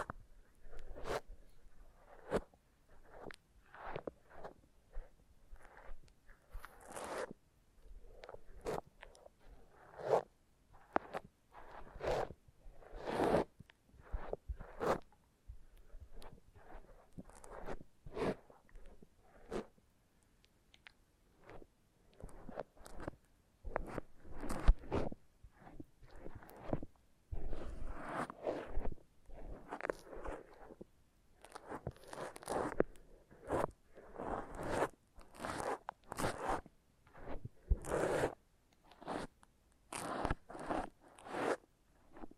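Foam massage makes a steady run of short crunching, scraping strokes, some bright and sharp, repeating irregularly about every second throughout.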